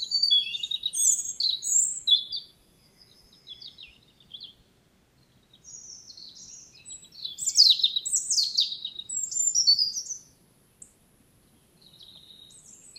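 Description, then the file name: European robin song in several bursts of high, tinkling, warbled notes and short trills, with quiet gaps between phrases. "Erithacus rubecula"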